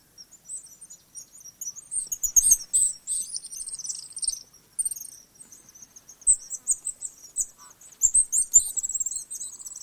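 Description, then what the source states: House swift twittering calls, high thin trills and chatter throughout, bursts swelling and fading, with faint low thumps now and then. Adult.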